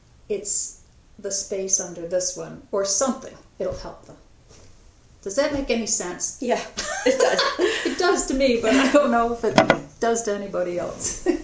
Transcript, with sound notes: “It's the space under this one,” or something, it will help them. Does that make any sense?
Yeah, it does.
[Laughter.] It does to me, but I don't know if it does to anybody else.